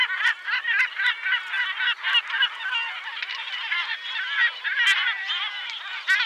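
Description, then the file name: Yellow-legged gull calls: a crowded din of many gulls giving rapid, harsh, overlapping cries with occasional sharp clicks. "Goéland leucophée (Larus michahellis) - Cris et chants"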